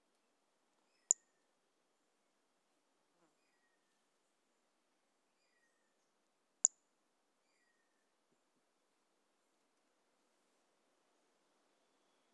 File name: Brachycephalus mirissimus 18 jan 2018 individual 04. A E Confetti